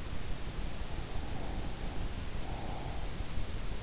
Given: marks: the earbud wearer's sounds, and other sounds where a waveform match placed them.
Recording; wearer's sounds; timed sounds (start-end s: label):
sounds in sleep by an in-ear microphone; breath
0.48-3.30 s: breath